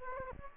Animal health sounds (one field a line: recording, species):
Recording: mosquito wingbeat signal from an infrared sensor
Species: Aedes aegypti